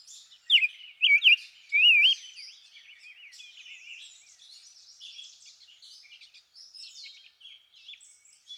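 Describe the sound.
Rose-breasted grosbeak song: a short, loud burst of sweet, rising and falling warbled notes, then quieter, softer notes.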